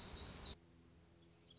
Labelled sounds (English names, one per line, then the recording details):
Black-throated Gray Warbler
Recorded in Sonoma County, California